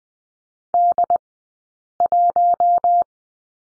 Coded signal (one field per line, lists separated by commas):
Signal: Morse code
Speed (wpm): 20 wpm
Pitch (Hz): 700 Hz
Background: none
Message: D1